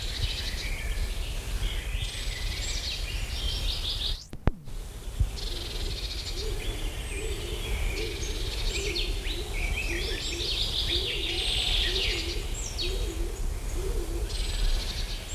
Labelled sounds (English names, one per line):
Great Spotted Woodpecker